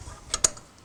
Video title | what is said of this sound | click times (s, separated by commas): Camshaft Fitting SINGLE OHC 900CC/1200cc WATER-COOLED Triumph motors 2016 on | it's like click there I think that's what it was there | 0.4 s